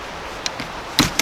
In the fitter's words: you hear that click and you're good to go